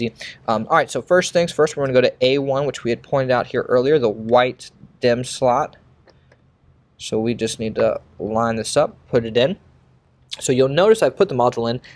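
A DIMM memory module is lined up with the white A1 slot on a Dell PowerEdge R620 server motherboard while someone talks. Two quiet ticks come at about 6.1 and 6.3 seconds during a pause in the talk. The module has not seated or clicked into the slot yet.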